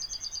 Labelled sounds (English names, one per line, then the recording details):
Yellowhammer song
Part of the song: start
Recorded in the Czech Republic on 28 April 2013
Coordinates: 49.996, 14.436
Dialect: BC
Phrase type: D6
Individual 279228